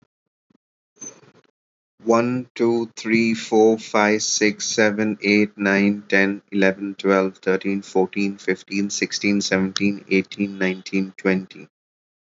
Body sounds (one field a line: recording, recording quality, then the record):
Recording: counting at a normal pace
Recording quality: excellent, no background noise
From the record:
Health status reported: recovered from COVID-19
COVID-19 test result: negative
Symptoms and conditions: fatigue, muscle pain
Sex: male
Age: 41 years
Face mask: not worn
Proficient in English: yes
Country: India